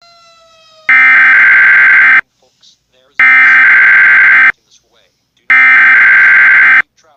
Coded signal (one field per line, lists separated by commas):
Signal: Emergency Alert System (SAME) tones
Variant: header bursts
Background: speech